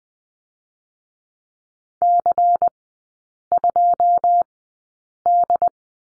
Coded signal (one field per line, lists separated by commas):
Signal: Morse code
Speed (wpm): 20 wpm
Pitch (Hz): 700 Hz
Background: none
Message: C2D